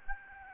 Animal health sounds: mosquito wingbeat signal from an infrared sensor; Aedes albopictus

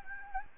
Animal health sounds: mosquito wingbeat signal from an infrared sensor; Anopheles gambiae

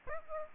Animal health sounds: mosquito wingbeat signal from an infrared sensor; Aedes aegypti

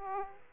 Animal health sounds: mosquito wingbeat signal from an infrared sensor; Aedes aegypti

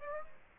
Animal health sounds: mosquito wingbeat signal from an infrared sensor; Aedes aegypti

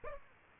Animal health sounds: mosquito wingbeat signal from an infrared sensor; Aedes aegypti

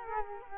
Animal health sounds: mosquito wingbeat signal from an infrared sensor; Culex quinquefasciatus

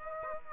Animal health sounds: mosquito wingbeat signal from an infrared sensor; Aedes aegypti

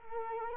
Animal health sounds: mosquito wingbeat signal from an infrared sensor; Culex quinquefasciatus

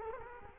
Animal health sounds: mosquito wingbeat signal from an infrared sensor; Culex quinquefasciatus

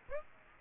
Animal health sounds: mosquito wingbeat signal from an infrared sensor; Aedes aegypti

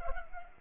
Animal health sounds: mosquito wingbeat signal from an infrared sensor; Culex pipiens

